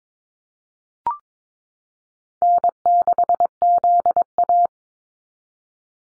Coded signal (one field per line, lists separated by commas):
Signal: Morse code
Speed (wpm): 22 wpm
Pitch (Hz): 700 Hz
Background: none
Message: N6ZA